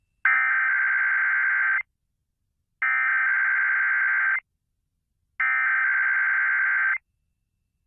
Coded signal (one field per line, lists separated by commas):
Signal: Emergency Alert System (SAME) tones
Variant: header bursts